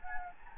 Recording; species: mosquito wingbeat signal from an infrared sensor; Anopheles gambiae